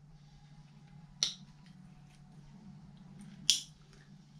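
A crimped metal quick-connect terminal on kayak trolling motor wire is pushed, tab facing down, into its plastic connector housing. It snaps over the locking tab with a sharp click at 1.2 s, and a second similar sharp click comes at 3.5 s over a low steady hum. The terminal is seated and locked in permanently.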